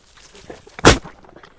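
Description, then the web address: Alpaca snort: a single sharp, breathy burst of noise lasting about a tenth of a second, with faint rustling before and after. Female snort. "Sound Effects-Foundation 1 ANIMAL ALPACA FEMALE SNORT"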